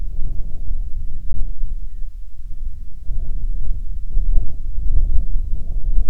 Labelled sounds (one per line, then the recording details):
wind
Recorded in the Prudhoe Bay oil fields, Alaska, on 10 July 2019 at 14:54
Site 14